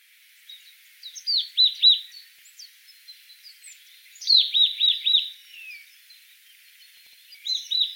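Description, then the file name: Marsh tit calls, bright downslurred notes in quick rattling bursts of four or five, repeated after pauses, with faint high chirps between. "Poecile palustris"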